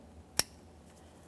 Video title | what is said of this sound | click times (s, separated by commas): How to Replace Exhaust Variable Valve Timing Solenoid 2010-2013 Kia Forte Koup 2.4L I4 | and we'll reconnect our electrical connector a your locking tab press it in listen for a click | 0.4 s